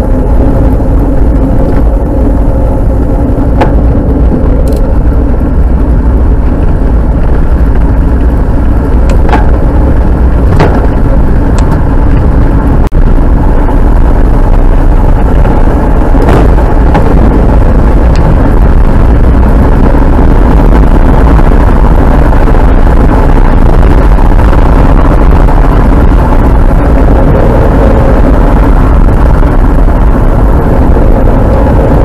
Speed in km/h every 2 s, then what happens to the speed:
29, 29, 20, 30, 38, 44, 48, 50, 54, 65, 66, 67, 71, 71, 71, 71.
0-5 slows to 20. 5-23 speeds up to 71. 23-32 steady at about 71.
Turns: 0-3.